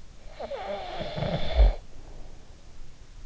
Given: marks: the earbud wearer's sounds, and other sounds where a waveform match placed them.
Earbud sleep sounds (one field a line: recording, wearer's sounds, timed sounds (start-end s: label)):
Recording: sounds in sleep by an in-ear microphone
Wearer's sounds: snoring breath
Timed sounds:
0.12-2.68 s: snoring breath